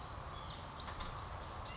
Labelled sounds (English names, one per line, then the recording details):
Western Flycatcher
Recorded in Sonoma County, California